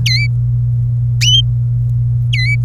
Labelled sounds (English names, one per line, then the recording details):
Domestic Canary song
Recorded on 26 April 2018 at 17:49
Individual llb3